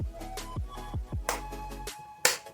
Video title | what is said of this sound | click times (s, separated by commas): Vacuum Sealing Food and Mustard Greens recipe | Okay, I heard a snap. | 2.3 s